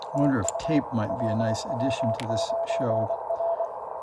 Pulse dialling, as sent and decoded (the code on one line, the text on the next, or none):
none